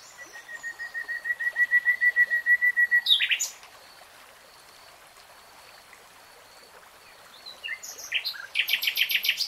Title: [Tiếng chim hót] 3 Hours REALTIME Nightingale Singing